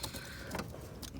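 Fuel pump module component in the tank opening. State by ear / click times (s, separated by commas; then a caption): not seated / none. While replacing the fuel pump module on a 1996 Volvo 850 Turbo Wagon, a part of the module is pushed into the tank opening, giving several small knocks at about 0.0, 0.6 and 1.0 seconds over a low background rumble. The part has not seated or clicked into place yet.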